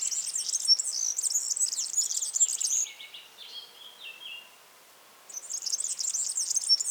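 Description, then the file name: European serin song: a rapid, high-pitched, sizzling jingle, then softer lower twitters and a short lull before the bright tinkling phrase resumes. "Vogelstimme Girlitz - European Serin - Serinus serinus"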